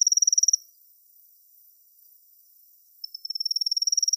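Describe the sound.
Kusahibari cricket song, a high, fast pulsed trill that stops after half a second, pauses for two and a half seconds, then resumes and continues steadily.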